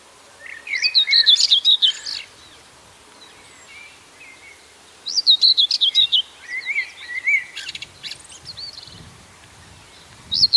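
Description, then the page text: Common whitethroat giving scratchy, jerky warbling bursts of fast chattering notes, separated by pauses of a few seconds, over light background noise. "Common Whitethroat Song Tornsanger Sang. knut the bird nerd"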